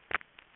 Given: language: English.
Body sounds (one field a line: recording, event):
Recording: throat vibration sensor signal played as sound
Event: swallow